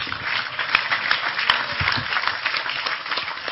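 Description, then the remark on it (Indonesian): An audience applauds Tejo after his own version of the Asma'ul Husna, a dense wash of many hands clapping at an even, fairly loud level throughout, with a few sharper individual claps standing out. “Sekali lagi tepuk tangan lebih keras untuk Tejo.”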